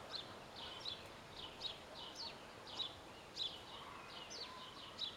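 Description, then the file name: Great tit calling with short, high, slurred notes repeated several times over a soft background hiss. "Parus major"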